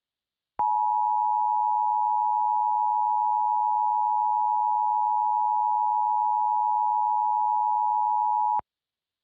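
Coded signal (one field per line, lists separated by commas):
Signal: Emergency Alert System (SAME) tones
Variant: 853 and 960 Hz attention tone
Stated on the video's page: Fictional EAS scenario.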